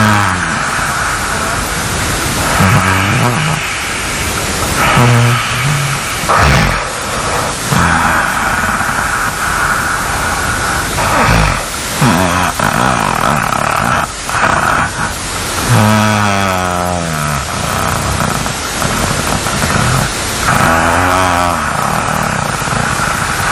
Rather unusual snoring that was emanating from our room by one of our friends.